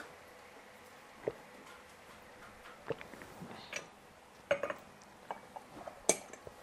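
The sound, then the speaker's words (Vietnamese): Someone handles a glass while pausing to drink water, with a string of sharp, bright clinks and taps at irregular intervals over quiet background hiss. Nobody speaks. “Đây, để em xin uống miếng nước rồi em đọc nguyên cái đoạn này.”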